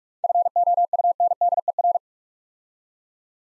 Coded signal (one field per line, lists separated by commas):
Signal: Morse code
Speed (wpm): 44 wpm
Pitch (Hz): 700 Hz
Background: none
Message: FOUNDER